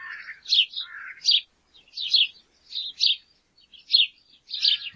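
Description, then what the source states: House sparrow chirps: a series of short, bright chirrups, some doubled, against a quiet background. Played back by a smart-speaker bird song skill.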